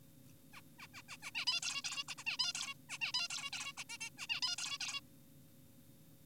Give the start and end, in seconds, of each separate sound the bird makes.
0.54-0.61, 0.79-0.87, 0.94-1.02, 1.09-1.17, 1.22-1.31, 1.35-1.45, 1.47-1.61, 1.63-1.82, 1.84-2.04, 2.08-2.15, 2.18-2.24, 2.27-2.37, 2.39-2.53, 2.55-2.74, 2.90-2.98, 3.01-3.12, 3.14-3.28, 3.30-3.50, 3.53-3.73, 3.78-3.84, 3.90-3.98, 4.01-4.10, 4.18-4.27, 4.30-4.40, 4.42-4.56, 4.58-4.78, 4.80-5.01